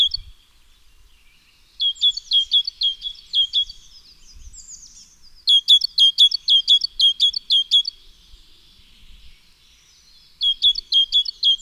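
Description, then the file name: Great tit singing three runs of rhythmic, ringing two-note phrases, each run several repeats long, separated by brief pauses with soft chatter and low rumbles. "Parus major"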